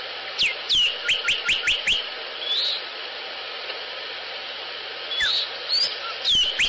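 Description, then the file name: Sinaloa Wren giving a fast series of several whistled notes, then a pause and a few more notes, against constant background hiss. Recorded 25 August 2008. "Sinaloa Wren Baxter"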